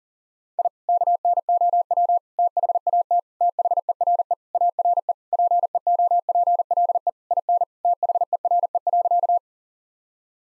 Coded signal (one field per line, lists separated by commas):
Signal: Morse code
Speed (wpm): 40 wpm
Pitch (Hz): 700 Hz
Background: none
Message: I KNOW THAT THERE ARE PEOPLE IN THERE.